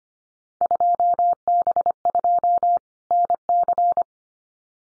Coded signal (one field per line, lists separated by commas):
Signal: Morse code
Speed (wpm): 25 wpm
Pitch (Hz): 700 Hz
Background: none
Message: 2B2 NC